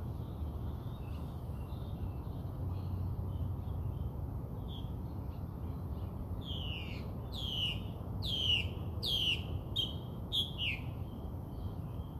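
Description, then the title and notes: Bird song, soft chirps at first, then loud descending whistled notes repeated several times in the latter half, over low steady noise. Birds singing outside the recordist's house. "Bird Songs Part Two. More bird songs outside my house"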